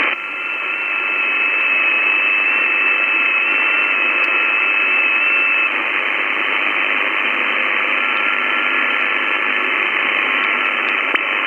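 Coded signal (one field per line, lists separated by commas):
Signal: FT8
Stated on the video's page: FT8 received via a Kiwi SDR.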